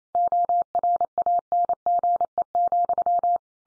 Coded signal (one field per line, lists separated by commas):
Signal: Morse code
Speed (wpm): 28 wpm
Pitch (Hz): 700 Hz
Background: none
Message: ORANGE,